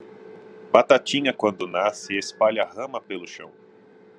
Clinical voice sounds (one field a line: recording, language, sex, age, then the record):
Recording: short text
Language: Brazilian Portuguese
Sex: male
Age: 30 to 39 years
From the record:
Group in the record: control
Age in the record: 35 years